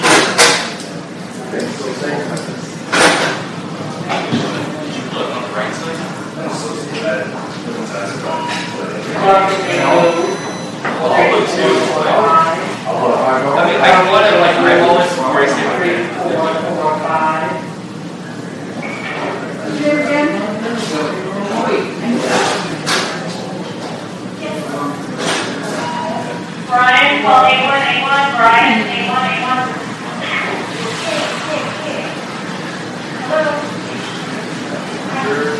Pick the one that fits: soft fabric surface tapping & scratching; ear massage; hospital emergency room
hospital emergency room